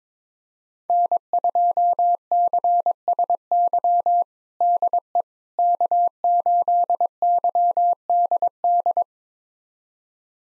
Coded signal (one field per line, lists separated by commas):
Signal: Morse code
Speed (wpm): 22 wpm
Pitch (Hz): 700 Hz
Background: none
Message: N2CSY DE K8YDD